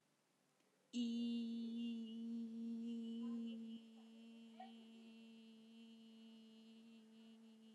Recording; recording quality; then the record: sustained vowel as in beet; excellent, no background noise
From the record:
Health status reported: healthy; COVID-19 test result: negative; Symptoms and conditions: none ticked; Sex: female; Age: 19 years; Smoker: not ticked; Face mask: worn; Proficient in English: yes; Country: India